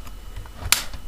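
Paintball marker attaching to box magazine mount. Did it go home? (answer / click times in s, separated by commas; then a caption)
yes / 0.7 s. A paintball marker is pushed onto its box magazine mount and latches with one sharp click at 0.7 s. Only quiet, faint background noise surrounds it, and the marker is now seated on the box magazine, secure in place.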